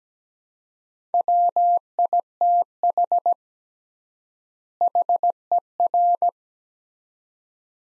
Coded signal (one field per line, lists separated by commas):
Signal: Morse code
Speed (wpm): 17 wpm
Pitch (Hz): 700 Hz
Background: none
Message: WITH HER